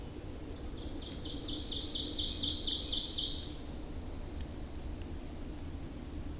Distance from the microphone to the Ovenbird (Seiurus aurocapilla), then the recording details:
about 35 m. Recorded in boreal forest in Alberta, Canada, on 26 May 2016 at 08:00. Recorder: SongMeter 3, array SBT-3-15. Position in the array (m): 52 m, 221 m. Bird 20